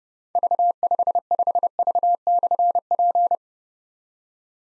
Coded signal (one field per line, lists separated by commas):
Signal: Morse code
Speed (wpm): 30 wpm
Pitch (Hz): 700 Hz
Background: none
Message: V55V/P